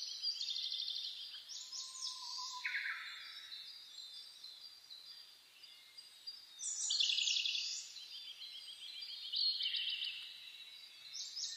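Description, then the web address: Birds singing in chorus, fast trilled phrases, a short lower whistled note early on, and a loud burst of song around seven seconds. Dawn chorus (reimei) recorded on 10 May 2010. "sounds data 2010 reimei DH-D 50-saezuri-20100510-0401"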